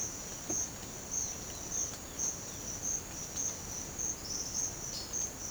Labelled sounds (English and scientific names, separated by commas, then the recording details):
none
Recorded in secondary vegetation near Puerto Asís, Putumayo, Colombia, on 30 June 2025 at 07:00
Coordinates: 0.500, -76.326
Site GP08